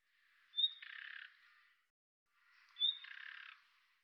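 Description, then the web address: Bird giving two calls about two seconds apart, each a piercing high whistle leading into a half-second buzzy, grating burst. "Deverinetal 2025"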